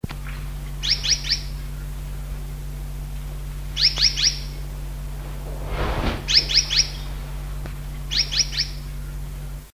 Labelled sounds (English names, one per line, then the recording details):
Gouldian Finch call
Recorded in captivity
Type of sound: call
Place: Zoo London, England, GB
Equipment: Halbspur, 9,5 cm/s
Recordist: Lütgens, Hans
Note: Rufe